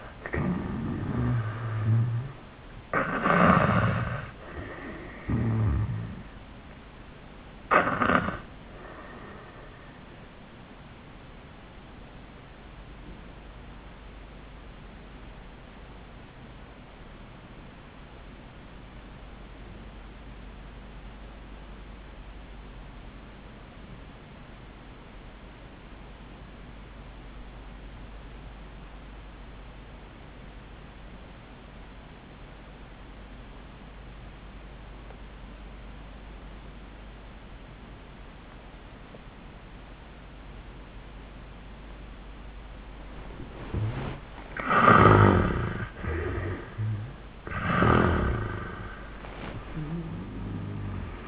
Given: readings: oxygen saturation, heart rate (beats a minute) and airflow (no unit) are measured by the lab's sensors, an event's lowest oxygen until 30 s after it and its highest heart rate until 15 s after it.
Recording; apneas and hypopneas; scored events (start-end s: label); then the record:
breathing in sleep by a voice recorder at the bedside; 1
7.00-43.50 s: obstructive apnea (N1, oxygen 94% highest, then 71% lowest, heart rate 87 at the start, 91 highest)
21.00-51.28 s: new sleep stage, REM sleep
From the record:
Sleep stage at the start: N1 (lightest sleep); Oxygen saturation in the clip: 69 to 94%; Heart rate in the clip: 69 to 87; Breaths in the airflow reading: 4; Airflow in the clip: -23.2 to 9.0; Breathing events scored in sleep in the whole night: 400 in 8.7 hours asleep